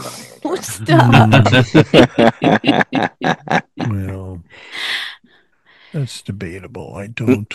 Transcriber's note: laughing